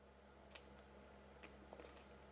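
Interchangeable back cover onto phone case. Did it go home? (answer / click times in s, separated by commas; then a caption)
no / none. A magnetic, interchangeable Pokémon back cover is pressed onto an iPhone 16 Pro case at the camera section, where it attaches with MagSafe. Faint, short handling ticks come at about 0.6, 1.4, 1.7 and 2.0 seconds over a steady low hum. The cover has not yet clicked in, and nothing has seated.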